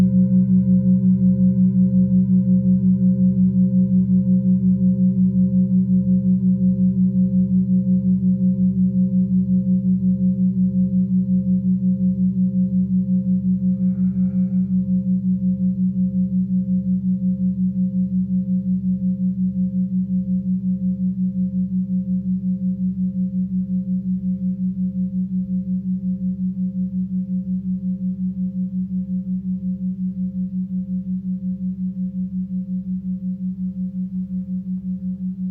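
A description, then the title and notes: A Tibetan singing bowl rings with a deep, steady hum and a slow pulsing waver running through its tone. Several higher overtones hover above the low drone, and the whole sound fades very gradually across the clip, with a faint brief touch around fourteen seconds. Tibetan Singiing Bowl のサウンドヒーリング.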